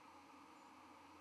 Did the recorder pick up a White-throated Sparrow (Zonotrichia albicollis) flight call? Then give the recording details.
yes. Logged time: 06:30 on 31 October 2014